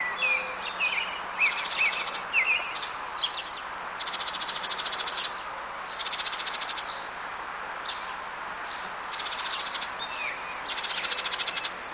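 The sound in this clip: Bird calls: short bright chirps early on, then buzzy, hissing bursts of about a second, repeated several times at uneven intervals over steady background hiss.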